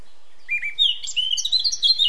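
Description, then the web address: Eurasian blackcap song, a brief, quiet chatter that opens into a loud, rich, fluty warble rising in pitch. "SETE data Sylvia atricapilla"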